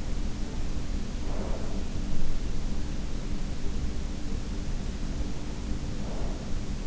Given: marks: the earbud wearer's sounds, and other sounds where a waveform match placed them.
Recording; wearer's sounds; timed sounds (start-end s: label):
sounds in sleep by an in-ear microphone; breath
0.43-2.30 s: breath
5.01-6.87 s: breath